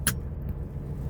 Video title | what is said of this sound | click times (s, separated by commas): DKV toll device replacement to a new AS24 PASSANGO toll device | you heard a click so it's done | 0.1 s